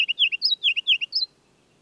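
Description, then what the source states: Ruby-crowned kinglet song fragment: loud, rolling, repeated warbled phrases that stop abruptly. Northern forest; bird sang from a fir limb about 20 feet up during a continual aerial display at lunchtime, flitting out 4-5 feet, somersaulting and hovering before returning; recording left raw, unmastered.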